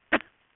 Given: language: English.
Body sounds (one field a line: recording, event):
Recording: throat vibration sensor signal played as sound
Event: cough